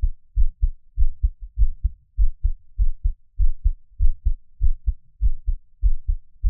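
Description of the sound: Steady paired low thumps, lub-dub, repeat at roughly 98 beats a minute with an even rhythm and no talking. It is an adult heartbeat heard close to the chest for ASMR listening, part of a monthly heartbeat recording, with a quiet background between beats.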